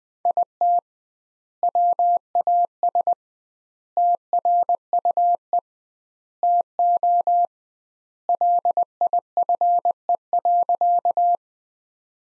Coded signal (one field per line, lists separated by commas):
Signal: Morse code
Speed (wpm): 20 wpm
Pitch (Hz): 700 Hz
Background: none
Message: IT WAS TRUE TO LIFE.